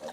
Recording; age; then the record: pig call; piglet (1 to 25 days)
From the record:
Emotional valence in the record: negative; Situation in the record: missed nursing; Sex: male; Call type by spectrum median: low-frequency call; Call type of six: high-frequency stable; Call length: 0.12 s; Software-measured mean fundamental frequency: 190 Hz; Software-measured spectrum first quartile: 547 Hz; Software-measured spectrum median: 797 Hz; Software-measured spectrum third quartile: 2019 Hz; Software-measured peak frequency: 532 Hz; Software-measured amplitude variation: 70 dB a second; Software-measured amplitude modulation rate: 12.0 a second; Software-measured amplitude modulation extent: 5.9 dB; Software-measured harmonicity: 4.2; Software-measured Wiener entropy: -1.80